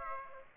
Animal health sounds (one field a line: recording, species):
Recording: mosquito wingbeat signal from an infrared sensor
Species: Aedes aegypti